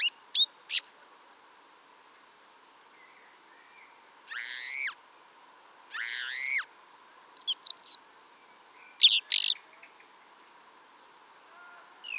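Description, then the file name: Common blackbird calls: a few high squeaks, then harsh buzzy screeches and further squeaky notes, separated by quiet gaps, over a steady hiss. "Turdus merula"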